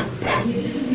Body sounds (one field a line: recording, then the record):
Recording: coughing mixed with background sound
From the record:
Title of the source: Spring Cold Coughing 3